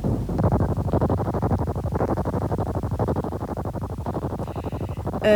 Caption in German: Die jetzt folgenden Geräusche sind mit einem Synthesizer, wie ein Phantombild der Polizei, nach den Auskünften der Betroffenen nachgestellt worden. Hören Sie nun Ohrgeräusche. Ihre Deutsche Tinnitusliga.